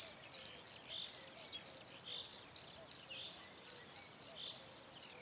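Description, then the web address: Cricket calling with sharp, high chirps about four per second, stopping briefly near two seconds, then carrying on in steady groups. "Kurs PTTK Przyroda Ptaki Świerszcze"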